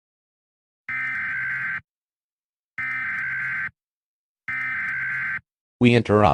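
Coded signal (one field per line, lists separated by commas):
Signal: Emergency Alert System (SAME) tones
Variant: header bursts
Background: speech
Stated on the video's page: Fictional EAS scenario alert set in New Jersey, not a real broadcast.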